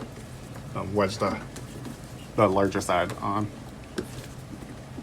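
During a cylinder 10 ignition coil replacement on an S85 engine (M6/M5), the larger side of a rubber intake boot is being wedged onto its intake duct fitting after the small side was fitted. Someone talks over quiet handling sounds, with a brief sharp sound near 4.0 seconds. The boot has not yet clicked into its groove; nothing has seated.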